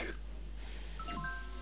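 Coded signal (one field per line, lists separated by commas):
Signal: none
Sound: game sound effect beeps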